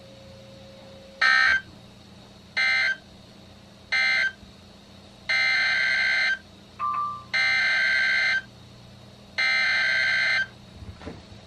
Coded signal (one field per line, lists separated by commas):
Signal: Emergency Alert System (SAME) tones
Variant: header bursts